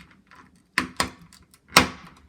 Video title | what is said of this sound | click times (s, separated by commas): Dad Replaces Battery In Frontpoint Security Door & Window Sensors | and pop this right on and just all you're going to do is push and you're gonna hear some clicking | 0.8 s, 1.0 s, 1.8 s